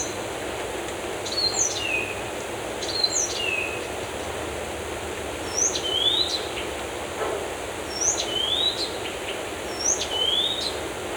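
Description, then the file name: Bird song: clear slurred whistles, each a high note dropping into a lower rising sweep, repeated every couple of seconds over a steady broad hiss. Birds in a forest. "SES Animals Birds in Forest"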